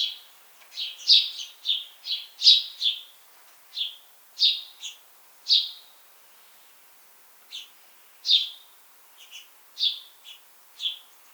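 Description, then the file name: House sparrow chirps, a quick rattling series at first, then slower scattered single and double notes. "Passer domesticus"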